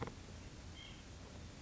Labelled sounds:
White-breasted Nuthatch (Sitta carolinensis)
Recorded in Sonoma County, California

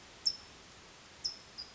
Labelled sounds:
California Towhee (Melozone crissalis)
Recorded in Sonoma County, California

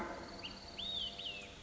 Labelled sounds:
Olive-sided Flycatcher (Contopus cooperi)
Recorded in Sonoma County, California

